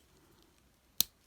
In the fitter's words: you'll hear that kind of Click into place